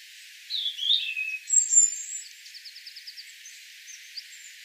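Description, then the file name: European robin song: high twittering notes and a thin whistle, followed by a quick run of about seven even ticking notes and a soft ending. "Erithacus rubecula"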